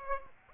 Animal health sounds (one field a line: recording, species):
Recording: mosquito wingbeat signal from an infrared sensor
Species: Aedes aegypti